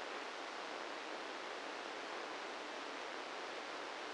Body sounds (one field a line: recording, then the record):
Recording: brain microelectrode recording played as sound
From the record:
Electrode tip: inside the subthalamic nucleus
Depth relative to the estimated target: -3 mm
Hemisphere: left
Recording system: NeuroSet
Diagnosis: Parkinson's disease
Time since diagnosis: 13 years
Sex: male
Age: 65 years